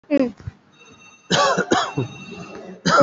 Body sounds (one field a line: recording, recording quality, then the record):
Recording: heavy voluntary cough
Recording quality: excellent, no background noise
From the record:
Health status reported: COVID-19 positive, moderate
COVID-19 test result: positive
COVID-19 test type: RT-PCR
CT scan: not taken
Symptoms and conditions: cough, cold, breathing difficulty, sore throat, fever, fatigue, muscle pain, loss of smell and taste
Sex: male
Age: 32 years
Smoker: no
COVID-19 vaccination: none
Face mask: worn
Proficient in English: yes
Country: India